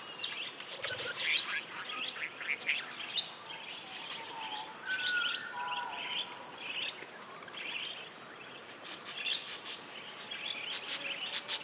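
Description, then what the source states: Budgerigars chattering steadily, overlapping squeaky chirps and warbled notes with a few clear whistled tones in the middle. Several budgerigars, described as happy.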